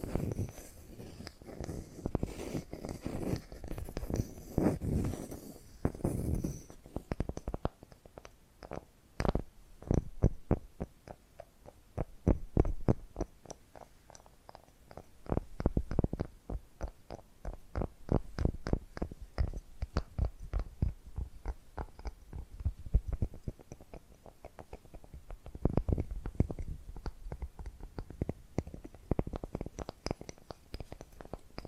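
Tapping and scratching sounds fill the recording, opening with about seven seconds of dense, low, rumbling scratching. After that come quick, sharp taps in irregular bursts, sometimes packed tightly and sometimes spaced apart. A soft low murmur runs underneath throughout.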